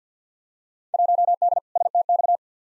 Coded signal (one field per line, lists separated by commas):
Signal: Morse code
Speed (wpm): 48 wpm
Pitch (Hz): 700 Hz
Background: none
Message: 1D STX